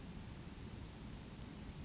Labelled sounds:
Brown Creeper (Certhia americana)
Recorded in Sonoma County, California

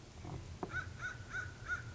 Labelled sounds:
American Crow (Corvus brachyrhynchos)
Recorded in Sonoma County, California

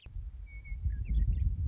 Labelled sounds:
Western Meadowlark (Sturnella neglecta)
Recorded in Sonoma County, California

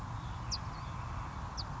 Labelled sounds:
California Towhee (Melozone crissalis)
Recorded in Sonoma County, California

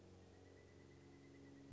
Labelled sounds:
Pileated Woodpecker (Dryocopus pileatus)
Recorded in Sonoma County, California

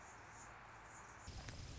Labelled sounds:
Anna's Hummingbird (Calypte anna)
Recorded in Sonoma County, California

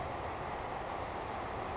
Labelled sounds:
Savannah Sparrow (Passerculus sandwichensis)
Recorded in Sonoma County, California

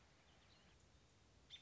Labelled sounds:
American Robin (Turdus migratorius)
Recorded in Sonoma County, California

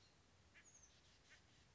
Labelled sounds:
Oak Titmouse (Baeolophus inornatus)
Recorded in Sonoma County, California

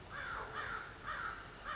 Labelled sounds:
American Crow (Corvus brachyrhynchos)
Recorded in Sonoma County, California

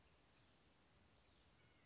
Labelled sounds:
Western Flycatcher (Empidonax difficilis)
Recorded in Sonoma County, California

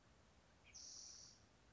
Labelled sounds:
Spotted Towhee (Pipilo maculatus)
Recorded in Sonoma County, California

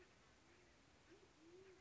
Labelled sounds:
Band-tailed Pigeon (Patagioenas fasciata)
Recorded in Sonoma County, California

